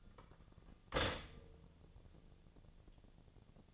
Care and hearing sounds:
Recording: daily activity, microphone in the room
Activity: stop toaster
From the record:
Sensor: 4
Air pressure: 1001.0 hPa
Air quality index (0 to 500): 151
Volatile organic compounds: 2 ppm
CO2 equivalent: 1108 ppm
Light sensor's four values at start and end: 19/43/18/20 and 19/43/18/20

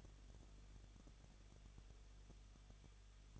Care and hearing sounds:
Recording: daily activity, microphone in the room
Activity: no activity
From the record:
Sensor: 4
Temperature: 23.0 degrees Celsius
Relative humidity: 34.1%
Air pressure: 1007.3 hPa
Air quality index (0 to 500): 213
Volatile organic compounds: 14 ppm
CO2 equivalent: 2456 ppm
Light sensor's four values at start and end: 2/3/1/1 and 2/3/1/1

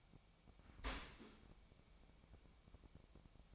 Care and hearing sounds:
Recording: daily activity, microphone in the room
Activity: open dishwasher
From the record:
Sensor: 1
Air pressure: 1003.1 hPa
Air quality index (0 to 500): 196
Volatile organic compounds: 6 ppm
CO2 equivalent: 1872 ppm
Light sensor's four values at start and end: 18/44/18/22 and 18/44/18/22

